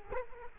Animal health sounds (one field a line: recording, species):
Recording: mosquito wingbeat signal from an infrared sensor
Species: Culex quinquefasciatus